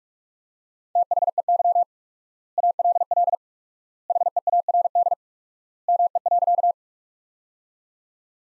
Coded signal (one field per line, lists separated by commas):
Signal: Morse code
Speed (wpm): 42 wpm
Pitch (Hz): 700 Hz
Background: none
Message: THEY ALL HEARD ME.